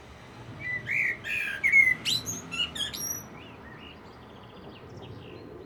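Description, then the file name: Common blackbird song: rich fluted warble running into a quick series of thin, very high squeaky notes, then fading. "Turdus merula"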